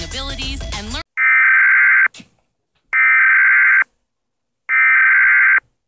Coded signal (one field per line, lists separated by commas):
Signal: Emergency Alert System (SAME) tones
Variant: header bursts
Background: speech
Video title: EAS Warning